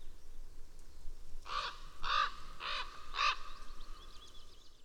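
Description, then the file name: Raven uttering four rough, grating caws in quick succession, over a steady low rumble. "Digiffects Sound Effects Library - Raven and Magpie Call"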